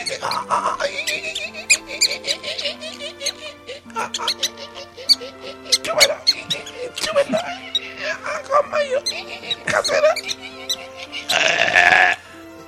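A cat vocalizes in a string of drawn-out, wavering meows and yowls that rise and fall in pitch, fairly loud throughout, ending with a brief harsh, noisy burst.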